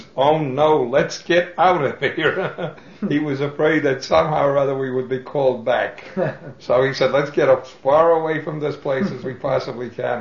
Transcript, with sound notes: He says, "Oh, no, let's get out of here!" ( he laughs ) He was afraid that somehow or other we would be called back. (laughs) So he said, "Let's get as far away from this place as we possibly can."